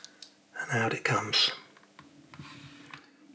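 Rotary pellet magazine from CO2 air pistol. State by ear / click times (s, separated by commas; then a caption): released / 0.0 s, 0.2 s. A thumb presses the magazine release on a Gamo PT-85 CO2 pellet pistol, giving sharp clicks at 0.0 and 0.2 seconds. The plastic rotary pellet magazine then pops out of the pistol, released. Someone talks through the middle of the clip, followed by a few faint ticks.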